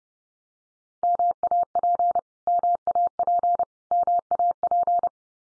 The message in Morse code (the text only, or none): MAP MAP MAP